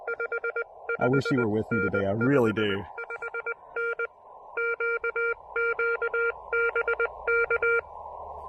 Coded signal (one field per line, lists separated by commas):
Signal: Morse code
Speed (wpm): 20 wpm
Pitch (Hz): 1400 Hz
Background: speech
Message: 55N 55N QQ BK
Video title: Super Low Power POTA, Rough Propagation, and Testing my new Begali Adventure Paddle!